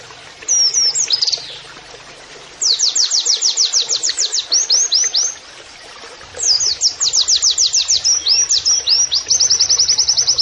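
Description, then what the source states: White-eye song: bursts of rapid, high, thin downslurred notes in long trills, in three phrases separated by short pauses. Training (masteran) audio with canary-like song phrases, in the style called 'nembak kenarian'.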